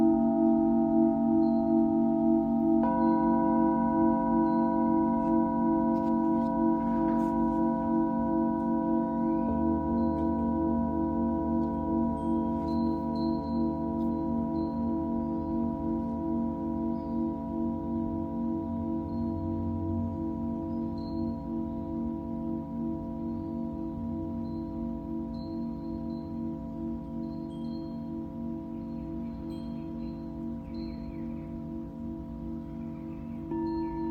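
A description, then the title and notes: A Tibetan singing bowl hums with a steady, layered ring, renewed by fresh strikes near 3 and 10 seconds, slowly fading afterward. Tibetan Singing Bowl のサウンドヒーリング.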